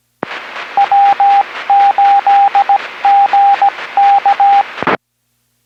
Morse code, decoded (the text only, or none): W8GK